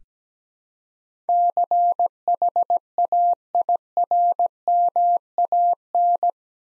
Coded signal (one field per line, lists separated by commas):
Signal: Morse code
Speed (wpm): 17 wpm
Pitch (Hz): 700 Hz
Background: none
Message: CHAIRMAN